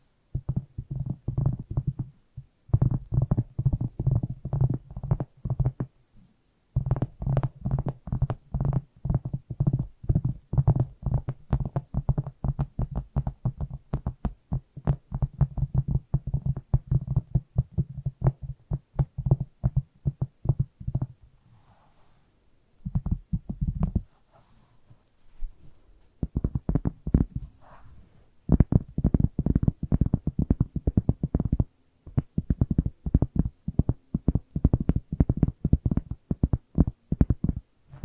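Rapid, dense tapping with a soft, low thud, running in steady bursts broken by short pauses, including a longer gap around twenty-two seconds.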